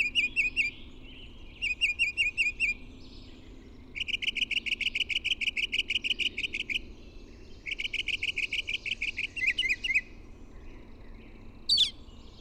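Bird song in bright high phrases: quick chirping trills and rattling runs of notes, separated by short pauses, with a few sharp single notes near the end.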